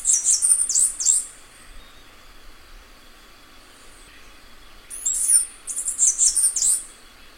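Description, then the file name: Cicada song: high, shrill buzzing phrases of rapid downward-sweeping pulses, one burst at the start and another after a quiet pause. "canto da cigarra bambu"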